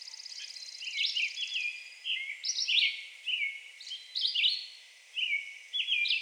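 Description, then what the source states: Red-eyed Vireo song, short whistled phrases rising and falling, with a faint buzzy trill early on. Recorded 2020-06-02.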